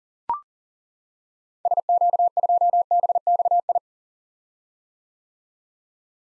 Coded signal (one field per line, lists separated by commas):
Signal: Morse code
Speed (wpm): 40 wpm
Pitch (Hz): 700 Hz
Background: none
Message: SQ2BXI